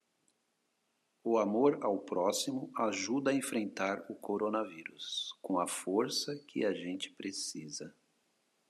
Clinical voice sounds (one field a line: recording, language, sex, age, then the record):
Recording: spoken sentence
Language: Brazilian Portuguese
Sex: male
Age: 50 to 59 years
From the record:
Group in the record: control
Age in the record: 57 years